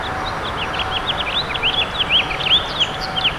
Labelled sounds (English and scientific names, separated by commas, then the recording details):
House Finch (Haemorhous mexicanus) song
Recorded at Babylon on Long Island, New York, on 18 May 2013
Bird D